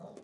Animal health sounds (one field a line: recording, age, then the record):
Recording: pig call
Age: piglet (1 to 25 days)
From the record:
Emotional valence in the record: negative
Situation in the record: long isolation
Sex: female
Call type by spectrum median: low-frequency call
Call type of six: low-frequency stable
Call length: 0.23 s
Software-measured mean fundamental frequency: 50 Hz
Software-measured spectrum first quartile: 266 Hz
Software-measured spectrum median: 483 Hz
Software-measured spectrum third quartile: 741 Hz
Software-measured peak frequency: 183 Hz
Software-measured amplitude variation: 169 dB a second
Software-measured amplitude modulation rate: 21.3 a second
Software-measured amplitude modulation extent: 7.9 dB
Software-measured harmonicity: 2.1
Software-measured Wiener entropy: 0.08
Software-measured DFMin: 847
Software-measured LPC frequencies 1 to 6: 570, 2242, 3606, 4406, 5470, 6248 Hz